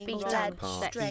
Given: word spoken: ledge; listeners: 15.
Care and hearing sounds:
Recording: one English word in noise, from a listening test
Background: four-talker babble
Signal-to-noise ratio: -1.2 dB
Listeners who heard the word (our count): 1 of 15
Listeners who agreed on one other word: 9 of 15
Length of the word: 0.71 s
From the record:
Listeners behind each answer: 9, 2, 1, 1, 1, 1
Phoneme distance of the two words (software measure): 37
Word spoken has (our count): 1 syllable, 3 phonemes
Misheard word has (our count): 2 syllables, 4 phonemes, stress on syllable 1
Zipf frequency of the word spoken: 3.38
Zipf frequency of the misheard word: 4.52

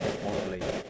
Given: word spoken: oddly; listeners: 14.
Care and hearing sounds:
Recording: one English word in noise, from a listening test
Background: noise modulated by three-talker babble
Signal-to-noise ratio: -3.7 dB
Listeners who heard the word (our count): 2 of 14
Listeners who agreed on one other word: 9 of 14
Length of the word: 0.50 s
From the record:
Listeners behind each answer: 9, 2, 2, 1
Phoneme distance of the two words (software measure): 17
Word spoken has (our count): 2 syllables, 4 phonemes, stress on syllable 1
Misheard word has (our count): 2 syllables, 5 phonemes, stress on syllable 1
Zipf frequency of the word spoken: 3.43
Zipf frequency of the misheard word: 3.90

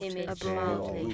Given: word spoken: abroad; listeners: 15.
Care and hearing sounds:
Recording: one English word in noise, from a listening test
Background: four-talker babble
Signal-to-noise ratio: -1.8 dB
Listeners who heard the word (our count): 1 of 15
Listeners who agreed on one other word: 11 of 15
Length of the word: 0.74 s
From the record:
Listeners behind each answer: 11, 2, 1, 1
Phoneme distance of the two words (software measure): 47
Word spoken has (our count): 2 syllables, 5 phonemes, stress on syllable 2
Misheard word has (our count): 2 syllables, 4 phonemes, stress on syllable 1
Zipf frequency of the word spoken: 4.34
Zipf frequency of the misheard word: 4.64

